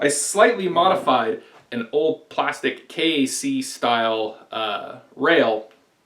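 Someone talks while handling a slightly modified old plastic KAC-style rail handguard, meant to cover exposed wires, at the front end of an Echo 1 airsoft SVD with an integrally suppressed MagLite flashlight mod. The handguard has not yet been pushed home or locked in place, and nothing has seated or clicked yet.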